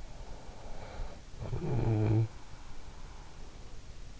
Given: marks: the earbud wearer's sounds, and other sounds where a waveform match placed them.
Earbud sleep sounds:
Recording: sounds in sleep by an in-ear microphone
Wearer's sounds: snoring breath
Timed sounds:
0.18-2.26 s: snoring breath

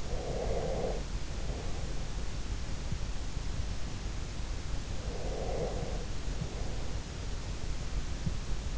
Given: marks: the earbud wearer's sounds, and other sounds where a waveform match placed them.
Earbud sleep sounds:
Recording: sounds in sleep by an in-ear microphone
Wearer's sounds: breath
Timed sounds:
0.00-2.24 s: breath
5.07-7.21 s: breath

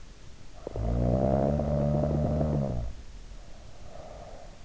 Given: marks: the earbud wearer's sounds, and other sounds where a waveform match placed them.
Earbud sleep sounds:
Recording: sounds in sleep by an in-ear microphone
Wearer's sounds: snoring breath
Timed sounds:
0.62-4.54 s: snoring breath

